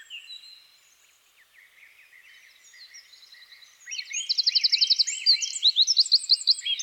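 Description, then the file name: Eurasian wren song: quiet chirps build into a loud rapid trill, then a string of sharp, high, tumbling notes repeated quickly. "Troglodytes troglodytes"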